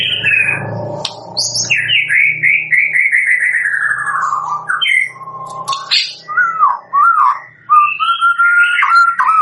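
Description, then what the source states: White-rumped shama song with a long, gradually falling warble, sharp high notes and a closing series of clear whistles. Lure used for bird trapping (pikat); gacor (lively) singing.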